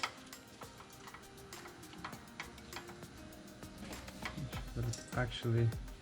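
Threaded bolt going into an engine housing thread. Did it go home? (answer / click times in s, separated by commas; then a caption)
no / none. A threaded bolt is turned by hand into an engine housing thread while refitting parts during an oil pump chain service on a BMW N63TU V8. Light metallic ticks and handling sounds are heard as someone talks, with music underneath. Nothing has seated or clicked yet; the bolt is handled but not yet home.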